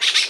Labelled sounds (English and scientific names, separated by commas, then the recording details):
Brown-throated Parakeet (Eupsittula pertinax) contact call
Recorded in Margarita
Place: Mangroves NW of Las Tetas de Ma. Guevara
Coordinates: 10.962, -64.143